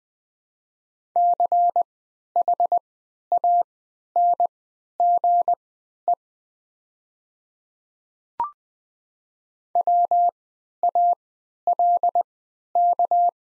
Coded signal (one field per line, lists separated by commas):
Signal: Morse code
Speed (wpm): 20 wpm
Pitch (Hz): 700 Hz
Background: none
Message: CHANGE WALK